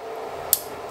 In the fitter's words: that click and it clicks home because I